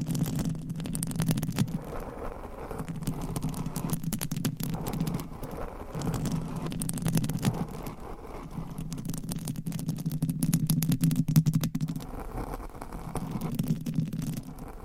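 Nails scratch at a microphone cover, making a steady low rumbling rub that swells in long passes with short pauses near 2, 6 and 8 seconds. Thin crackling scrapes and ticks run over the top, busiest between about 9 and 12 seconds.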